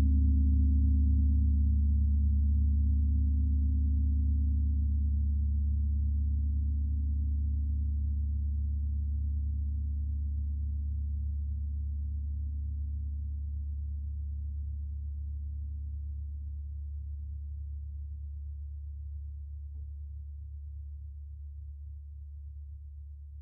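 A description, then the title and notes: A singing bowl rings out in a long, deep, sustained hum, its low tones steady with a slow wavering pulse. The sound gradually fades over the whole stretch, the upper tones thinning out first while the low drone lingers. A faint tick appears near twenty seconds. Soundscape singing bowls.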